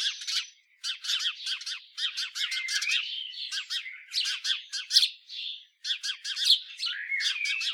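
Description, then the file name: House sparrow chirping busily: dense bursts of sharp chirps broken by brief pauses, with a few longer sliding notes. "Passer domesticus"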